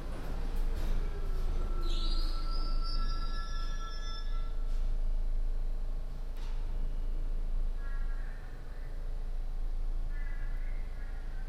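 A binaural recording of a trip across the city, with a loud, steady train rumble that fills the whole clip. High metal wheel squeals rise and bend between about two and four seconds, and brief shrill tones return near eight and ten seconds.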